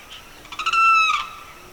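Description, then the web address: Bird giving one strong call, a short burst of pulses running into a sustained harmonic note that ends in a brief rough burst. Evening birdsong recorded in a swamp in the Pantanal, rural South America. "The BBC Sound Effects Library - Complete 60 CDs Collection Sound Effects Library- (Rural South America) Evening Birdsong, Pantanal Swamp"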